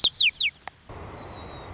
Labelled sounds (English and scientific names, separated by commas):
White-crowned Sparrow (Zonotrichia leucophrys)